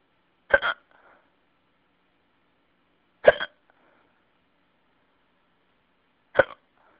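Three short, sharp gulping bursts, each a quick catch of breath with a brief tail, come about three seconds apart in quiet, heard over a phone message. These are an adult's hiccups, sudden involuntary diaphragm spasms closed off abruptly by the vocal cords.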